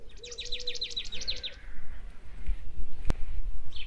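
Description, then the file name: Marsh tit call, a quick rattling series of about ten downslurred notes lasting just over a second, over a low droning hum and a sharp click. "Poecile palustris"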